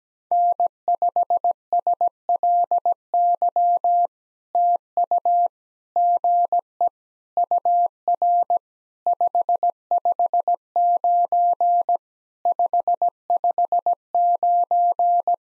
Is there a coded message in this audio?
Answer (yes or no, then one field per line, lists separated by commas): yes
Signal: Morse code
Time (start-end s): 0.3-15.3 s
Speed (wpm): 17 wpm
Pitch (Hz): 700 Hz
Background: none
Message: N5SLY TU GE UR 559 559